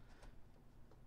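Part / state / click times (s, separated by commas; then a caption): pistol into Kydex holster / not seated / none. A Taurus TX22 pistol is pushed into a different Kydex Glock holster from Goliath Tactical, heard only as faint, quiet ticks and light rubbing over low background noise. It goes in with no retention click, and nothing has seated or clicked.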